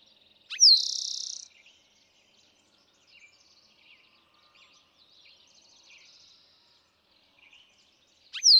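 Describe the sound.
Eastern towhee sings a slurred note and rapid trill, followed by faint chirping before the next phrase begins.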